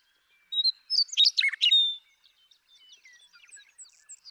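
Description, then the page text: Western meadowlark song: a rich, fluty tumble of notes lasting over a second, followed by faint twittering in the background. Male singing repetitively in Sierra Valley, eastern California, in 2018. "Birdsong for the Curious Naturalist. The joy of western meadowlark songs. Sierra Valley in eastern California"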